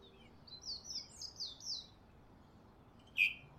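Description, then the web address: Bird chirps: a quick run of high, sliding chirps, then a pause and one louder single note near the end, over a faint steady background hiss. Recorded in Honolulu in the morning. "lynne-publishing Honolulu Morning Bird Close Up"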